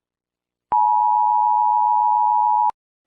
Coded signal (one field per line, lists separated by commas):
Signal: Emergency Alert System (SAME) tones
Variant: 853 and 960 Hz attention tone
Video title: 7:28 - EAS MOCK - part 1